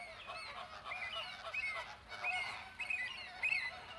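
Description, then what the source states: Flamingo flock calling, a steady run of honking nasal notes overlapping in a busy chorus. Captive flamingos recorded in the flamingo enclosure at Bristol Zoo.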